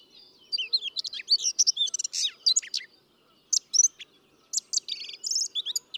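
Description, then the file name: Eurasian blackcap singing a rich, fast warble of high chirps and whistled phrases, with a brief pause midway before resuming. "Sylvia atricapilla"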